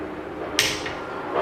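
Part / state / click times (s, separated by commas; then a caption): torque wrench on a wheel lug nut / torque reached / 0.6 s. A torque wrench tightens a lug nut on a car wheel until it clicks at its set torque, with a single sharp click at 0.6 s that may be hard to hear. A soft, steady background noise runs through the rest of the clip. The click shows the nut has reached the torque the wrench was set to.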